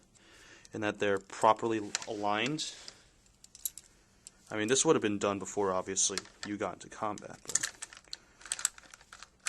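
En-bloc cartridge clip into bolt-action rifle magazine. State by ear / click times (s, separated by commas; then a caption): not seated / none. A steel en-bloc clip holding four aligned, upward-facing 6.5x52mm cartridges is handled at the magazine of a Carcano 1891/41 bolt-action rifle while someone talks. Short, sharp metallic taps and clicks come through between the words. The clip has not yet seated or clicked into place in the magazine.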